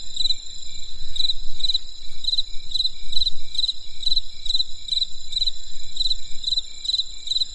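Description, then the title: Insect song of many rapid pulsed chirps over unbroken high-pitched ringing and soft low noise. Crisp insect sounds on a winter night in the countryside. "There was a crisp sound of insects in the winter night. Come and experience a sound therapy feast from the countryside"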